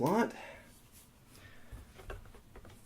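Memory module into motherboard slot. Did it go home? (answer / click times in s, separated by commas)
no / none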